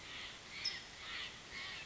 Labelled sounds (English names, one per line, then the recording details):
California Towhee
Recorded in Sonoma County, California